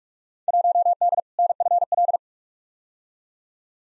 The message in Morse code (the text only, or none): 1D NFL